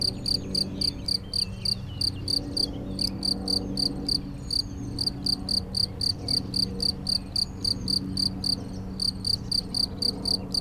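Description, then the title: Cricket song of quick, high chirps in runs of several, broken by short gaps, with soft bird twitters in the background. Single cricket in Chindrieux, France; among the first crickets of the season, calling intermittently for several days. "Chindrieux, France - grillon seul"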